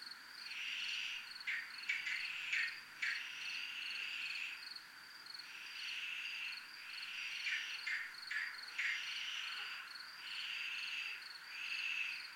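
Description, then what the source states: Crickets chirp in a steady high pulsed trill, with louder rasping bursts rising and fading every few seconds over a constant background hiss. Recorded at a 'zona militar' (military zone).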